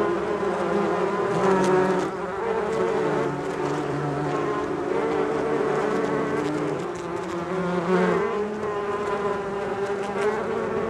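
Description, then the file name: Bees humming continuously, several droning tones shifting slightly in pitch and swelling louder around two and eight seconds. "benboncan bees"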